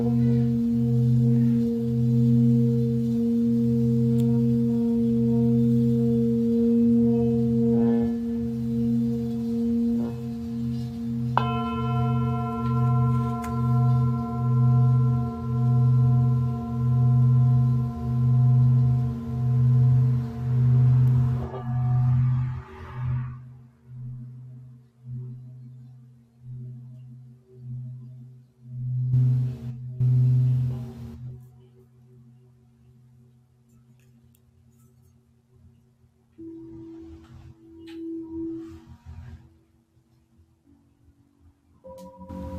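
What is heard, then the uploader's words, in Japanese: A Tibetan singing bowl rings with a steady low hum that pulses evenly in a slow, rolling wobble. Around eleven seconds a brighter, higher tone joins, then the sound thins out after twenty seconds and fades, with a few softer low tones returning near the end. 深夜のシンギングボウルのサウンドヒーリング。チベタンシンギングボウル。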